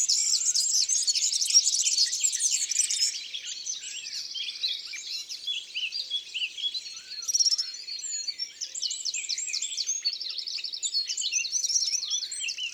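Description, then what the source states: European serin song, a high, fast, glassy jingle of buzzy trills, delivered in a loud three-second burst, then in shorter phrases with brief pauses. Isère, France.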